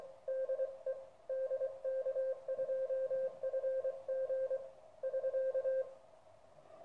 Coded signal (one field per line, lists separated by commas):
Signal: Morse code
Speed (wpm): 24 wpm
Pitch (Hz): 530 Hz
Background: radio noise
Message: DE DK2FG <SK>